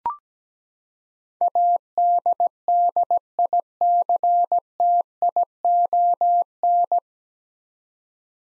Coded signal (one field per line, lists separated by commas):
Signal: Morse code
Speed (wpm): 17 wpm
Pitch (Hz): 700 Hz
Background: none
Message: ADDICTION